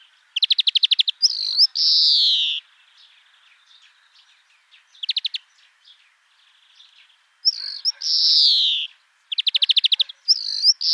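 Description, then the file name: European greenfinch rattles followed by drawn-out descending wheezes, with faint twittering between phrases and a second wheeze sequence later. "Chloris chloris"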